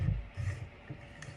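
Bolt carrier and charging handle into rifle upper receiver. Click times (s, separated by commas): 1.2 s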